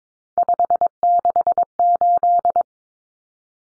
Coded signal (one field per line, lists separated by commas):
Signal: Morse code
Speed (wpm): 22 wpm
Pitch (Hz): 700 Hz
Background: none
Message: 568